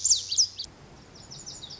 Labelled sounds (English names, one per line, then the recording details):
Lazuli Bunting
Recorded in Sonoma County, California